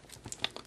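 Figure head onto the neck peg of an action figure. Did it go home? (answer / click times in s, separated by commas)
no / none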